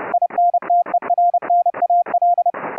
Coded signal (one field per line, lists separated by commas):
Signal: Morse code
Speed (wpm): 30 wpm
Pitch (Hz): 700 Hz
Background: none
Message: INTERNAL